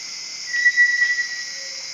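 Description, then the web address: Sunbittern song, a level pure whistle lasting under a second, set against a constant buzzing insect chorus. South America, eastern lowlands. "Natures Songs S America Eastern Lowlands. Eurypyga helias, song"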